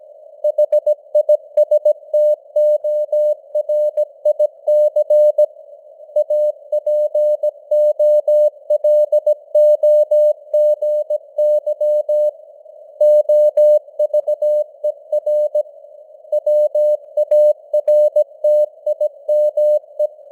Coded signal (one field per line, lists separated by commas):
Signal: Morse code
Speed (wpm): 17 wpm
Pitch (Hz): 600 Hz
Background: none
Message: HISTORIC APOLOGY OVER WARTIME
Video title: Morse Code News | 2025-10-17 | 17wpm